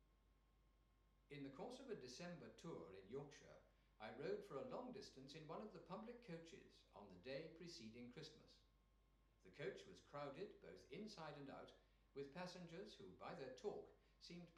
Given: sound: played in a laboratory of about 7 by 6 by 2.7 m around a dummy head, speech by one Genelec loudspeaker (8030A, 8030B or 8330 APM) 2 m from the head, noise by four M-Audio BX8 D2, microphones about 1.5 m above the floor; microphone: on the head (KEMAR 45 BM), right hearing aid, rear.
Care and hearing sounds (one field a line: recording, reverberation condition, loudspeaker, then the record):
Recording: male speech in English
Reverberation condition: medium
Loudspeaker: 120 degrees to the right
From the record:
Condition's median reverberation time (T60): about 510 ms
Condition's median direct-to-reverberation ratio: about -0.5 dB